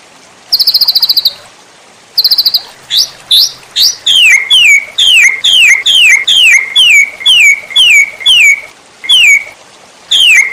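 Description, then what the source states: White-rumped shama song: high buzzy trill bursts followed by a long run of sharp downslurred whistles. Masteran (cage bird training) recording titled Murai Batu Labaik.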